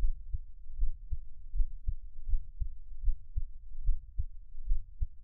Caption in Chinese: 台灣asmr。 獻上我的心跳 | Give my Heartbeat | NO Talking。